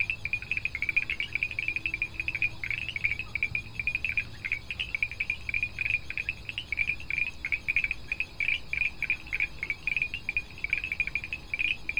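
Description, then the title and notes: Montevideo tree frog calling in fast pulsed bursts with only short breaks, backed by a continuous high-pitched buzz and a faint low hum. Predominant species in a night recording by Arroyo Sandú stream, Tacuarembó, Uruguay, in a rapidly urbanising part of the city; Wednesday 18 August 2021, around 20:00. "predominantemente Boana pulchella , “ranita de zarzal”"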